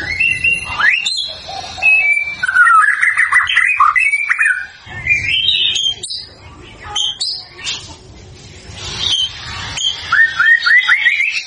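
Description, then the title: White-rumped shama singing varied whistled and slurred phrases, including a rising series of notes. Lure to make the bird respond; the bird sings gacor, in full continuous song. "PANCINGAN MEWAH MURAI BATU GACOR, SEKALI DENGAR AMPUH LANGSUNG RESPON"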